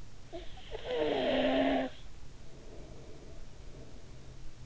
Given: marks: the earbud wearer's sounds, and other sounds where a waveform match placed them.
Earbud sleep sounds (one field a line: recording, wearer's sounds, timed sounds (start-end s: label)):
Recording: sounds in sleep by an in-ear microphone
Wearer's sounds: snoring breath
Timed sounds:
0.08-4.66 s: snoring breath